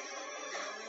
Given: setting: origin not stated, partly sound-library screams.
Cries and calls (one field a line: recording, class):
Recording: one-second piece from a danger detection set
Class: woman in danger